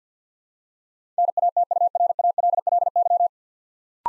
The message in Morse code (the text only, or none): NATURALLY